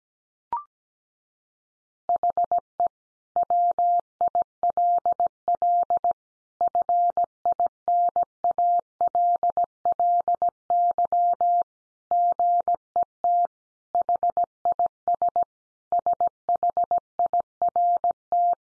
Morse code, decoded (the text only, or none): HE WILL FINALLY GET HIS SHIRT